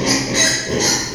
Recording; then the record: squeal of a Yucatan mini pig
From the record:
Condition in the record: before surgery on the right vocal fold (resection and tissue-engineered implant); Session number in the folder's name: 2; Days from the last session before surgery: 0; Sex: male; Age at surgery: 12 weeks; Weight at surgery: 13 kg